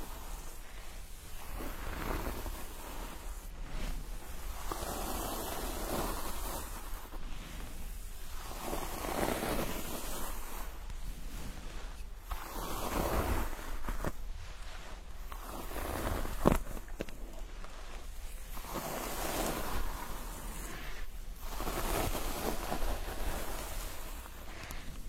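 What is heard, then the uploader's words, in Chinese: Hair washing with a scalp massage: a dense, hissing rush of wet rubbing and lather fills the whole clip, swelling and easing every second or two at a fairly even level. A single sharp tap stands out around sixteen seconds. 沉浸式洗头体验 & 头皮按摩。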